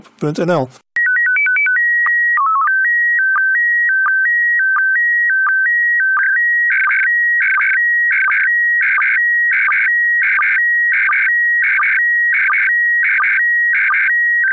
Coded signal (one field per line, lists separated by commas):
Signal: SSTV (slow-scan television)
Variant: PD 90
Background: speech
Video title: Daily Minutes, 10 februari 2019 (O.a. vier SSTV-beelden)